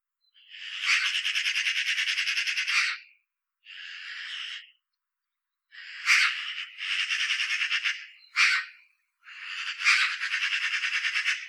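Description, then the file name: Eurasian magpie chattering in several harsh rattles of differing lengths, some long and evenly pulsed, others short and clipped, separated by brief pauses. "Pica pica"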